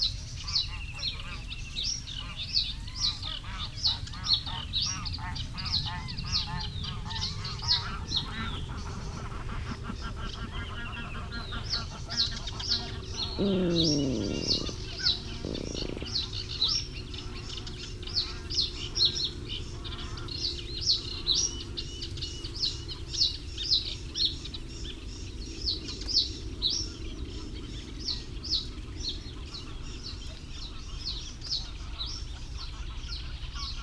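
Sedge warblers and reed buntings sing persistently in dense, rapid bright phrases throughout, over a low steady rumble. Around fourteen to sixteen seconds a burst of loud honking cackles cuts in as greylag geese pass over, with a grunting water rail beneath.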